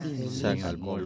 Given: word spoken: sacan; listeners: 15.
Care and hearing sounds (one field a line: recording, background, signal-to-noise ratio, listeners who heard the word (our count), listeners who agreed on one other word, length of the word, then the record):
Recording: one Spanish word in noise, from a listening test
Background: four-talker babble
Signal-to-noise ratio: -2.2 dB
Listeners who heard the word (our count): 0 of 15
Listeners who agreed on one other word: 8 of 15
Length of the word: 0.66 s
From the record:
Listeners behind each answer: 8, 1, 1, 1, 1, 1, 1, 1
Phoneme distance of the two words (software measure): 41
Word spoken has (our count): 2 syllables, 5 phonemes, stress on syllable 1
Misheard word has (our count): 3 syllables, 6 phonemes, stress on syllable 3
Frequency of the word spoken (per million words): 7.34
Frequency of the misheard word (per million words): 48.97